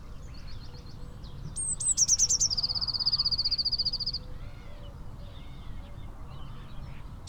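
Eurasian blue tit calling: a few thin high notes, then a fast, even trill lasting about two seconds, over low background rumble.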